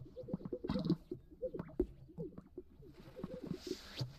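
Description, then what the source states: Greater Sage-Grouse lek sounds, a faint, busy stream of low bubbling pops and gulping plops, irregular and overlapping throughout, with a soft hiss late on. Lekking display sounds, described by listeners as resembling water droplets.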